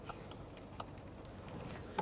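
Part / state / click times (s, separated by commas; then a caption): vacuum hose quick connector onto engine vacuum port / not seated / none. A plastic vacuum hose quick connector behind the EGR valve on a 1998-2011 Ford Ranger 4.0L V6 is lined up and pressed onto the engine vacuum port during a knock sensor replacement. Faint handling and rubbing noises are heard, with a brief tap near 0.8 s and another sound at the very end. The connector does not lock, and nothing has clicked or seated yet.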